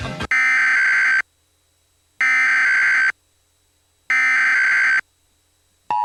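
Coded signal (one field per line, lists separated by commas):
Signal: Emergency Alert System (SAME) tones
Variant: header bursts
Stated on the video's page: Remade recreation of a Nebraska State EAS test, recorded to VHS tape at Standard Play speed.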